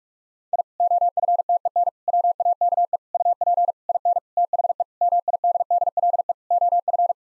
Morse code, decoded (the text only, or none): I OFTEN WAKE UP IN THE MIDDLE OF